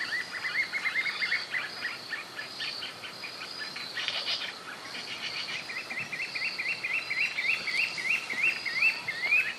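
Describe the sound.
Spotted puffbird giving rapid runs of short whistled notes that turn into a rhythmic chain of wavy, looping whistles, with a constant high insect buzz behind.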